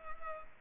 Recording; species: mosquito wingbeat signal from an infrared sensor; Culex pipiens